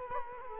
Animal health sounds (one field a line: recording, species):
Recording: mosquito wingbeat signal from an infrared sensor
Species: Culex quinquefasciatus